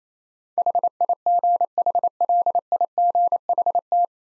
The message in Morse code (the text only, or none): HIGHLIGHT